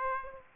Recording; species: mosquito wingbeat signal from an infrared sensor; Aedes aegypti